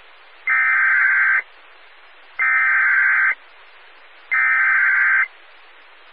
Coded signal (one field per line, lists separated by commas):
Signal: Emergency Alert System (SAME) tones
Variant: header bursts